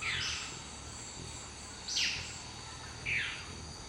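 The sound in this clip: Dusky-throated antshrike uttering three rasping, descending notes one to two seconds apart against a continuous high-pitched insect chorus.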